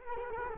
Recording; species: mosquito wingbeat signal from an infrared sensor; Culex quinquefasciatus